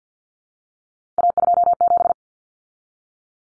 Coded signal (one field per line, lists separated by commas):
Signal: Morse code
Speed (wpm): 50 wpm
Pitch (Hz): 700 Hz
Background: none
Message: A27